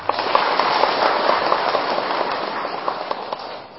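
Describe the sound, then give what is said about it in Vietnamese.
A crowd at a Buddhist dharma gathering applauds steadily, a dense wash of many hands clapping at an even level, with a few sharper claps standing out before it begins to thin near the end. “Xin quý vị tán thán cho chàng pháo tay.”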